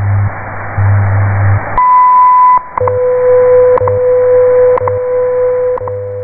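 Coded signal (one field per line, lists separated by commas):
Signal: radio time signal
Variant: WWV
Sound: long 1 kHz beep, then a click each second over a steady 500 Hz tone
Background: radio static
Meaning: The long 1 kHz tone marks the start of a new minute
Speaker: theone 0 hours 32 minutes coordinated universal time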